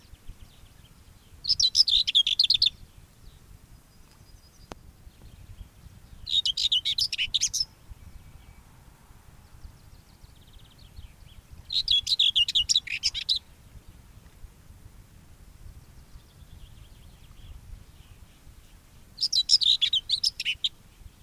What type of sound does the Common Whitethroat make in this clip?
song